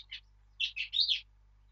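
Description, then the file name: Eurasian blackcap singing a brief snatch of song: two soft notes, then a quick rich warbled phrase, in quiet surroundings. "Sylvia atricapilla"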